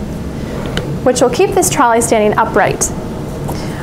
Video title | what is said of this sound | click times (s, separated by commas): Assembly of 14951 Badger Basket Doll Carrier Travel and Tour Trolley | as it can these metal poles should click into place which | 0.8 s